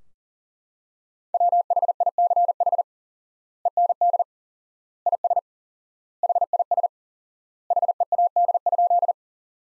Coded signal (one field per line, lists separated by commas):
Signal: Morse code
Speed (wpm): 40 wpm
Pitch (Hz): 700 Hz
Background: none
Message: WHICH END IS HIS HEAD?